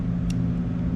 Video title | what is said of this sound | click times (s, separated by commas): Converting my JZX100 Chaser to Drive By Wire | purple red will just slide on in the top and then you'll hear click | 0.3 s